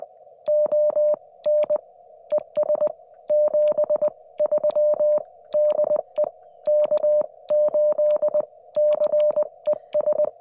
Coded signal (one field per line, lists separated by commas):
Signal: Morse code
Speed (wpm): 20 wpm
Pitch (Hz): 590 Hz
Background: none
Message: ON ES 73 DE K8CES